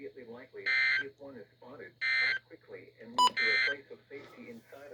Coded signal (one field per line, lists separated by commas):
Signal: Emergency Alert System (SAME) tones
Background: speech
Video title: THE SLIGHT RISK ADVENTURE. (PT.1-3)(EAS#161-182)(2/17/22)